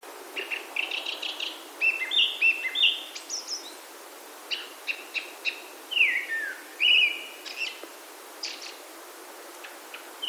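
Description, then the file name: Japanese thrush song: rapid bursts of chips and stepped whistled notes, then a loud descending slurred whistle and further sharp notes. "kurotsu"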